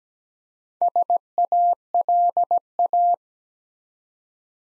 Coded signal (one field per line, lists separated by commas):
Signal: Morse code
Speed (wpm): 17 wpm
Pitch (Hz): 700 Hz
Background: none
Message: SALA